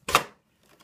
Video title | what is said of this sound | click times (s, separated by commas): Kogan 30" Cinema Display WQXGA 2560x1600 IPS LED Monitor Unboxing | just need to push it straight on in and get that clipping in. | 0.1 s